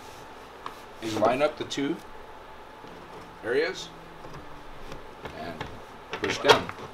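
A male furniture connector bracket is lined up with the female bracket on a loveseat frame so the two loveseat sections can be pushed down together. Someone talks while faint ticks are heard around 0.7, 4.9, 5.3 and 5.6 seconds. Nothing has seated or clicked yet.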